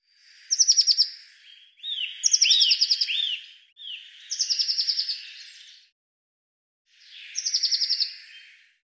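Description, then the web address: Eurasian blue tit giving four bursts of high, thin notes that break into fast buzzy trills, with a short gap before the last burst. "Deverinetal"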